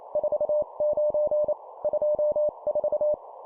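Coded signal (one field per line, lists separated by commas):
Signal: Morse code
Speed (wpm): 28 wpm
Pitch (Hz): 600 Hz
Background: none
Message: 49 24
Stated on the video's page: Morse code course drill at 25 wpm of two number words.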